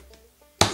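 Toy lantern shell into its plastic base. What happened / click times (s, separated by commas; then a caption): The plastic part snapped into its notch / 0.6 s. A folded plastic lantern shell from a craft kit is pressed onto its plastic base until it snaps into its notch. After faint handling sounds, a sharp, loud plastic snap at 0.6 s shows the part has seated.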